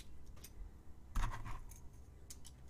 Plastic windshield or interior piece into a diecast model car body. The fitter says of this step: go good snap right in there